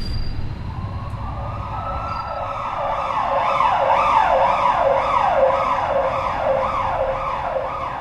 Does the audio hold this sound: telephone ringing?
no